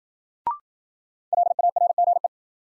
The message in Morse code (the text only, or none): LARGE